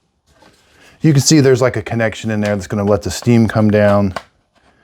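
Someone talks while handling a plastic floor-head attachment being fitted onto the steam wand of a Dupray Neat portable steam cleaner, a portable steam cleaner. The speech runs from about 1.0 to 4.3 seconds over a quiet background, with no sharp hits. Nothing has seated or clicked yet; the attachment is not yet home.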